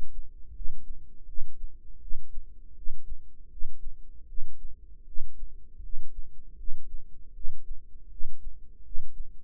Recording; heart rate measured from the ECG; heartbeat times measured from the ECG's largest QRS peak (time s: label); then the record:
heart sounds by microphone in the right ear; 80 bpm
0.52 s: heartbeat
1.25 s: heartbeat
1.99 s: heartbeat
2.74 s: heartbeat
3.48 s: heartbeat
4.26 s: heartbeat
5.04 s: heartbeat
5.80 s: heartbeat
6.55 s: heartbeat
7.32 s: heartbeat
8.08 s: heartbeat
8.82 s: heartbeat
From the record:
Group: healthy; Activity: cold pressor test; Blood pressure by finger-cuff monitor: 117/68 mmHg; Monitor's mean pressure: 83 mmHg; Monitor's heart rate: 79 bpm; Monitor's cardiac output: 7.8 L/min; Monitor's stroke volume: 99 mL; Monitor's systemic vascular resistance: 780 dyn s/cm5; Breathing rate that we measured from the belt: 20 breaths a minute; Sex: male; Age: 35 years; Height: 180 cm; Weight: 86.9 kg